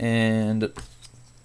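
Someone talks briefly while putting the battery compartment cover back onto the underside of an Apple Magic Mouse wireless mouse. After the voice stops at about 0.65 s, a few faint handling taps follow around 0.8 s and 1.05 s over a quiet background. The cover is only being handled and has not clicked into place yet.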